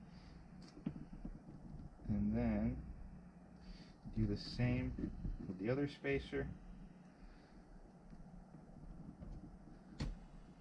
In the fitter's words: you can hear it click in there that's good